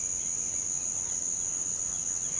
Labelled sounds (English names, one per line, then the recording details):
none
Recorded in pastures near Puerto Asís, Putumayo, Colombia, on 22 June 2025 at 07:00
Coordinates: 0.472, -76.331
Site G095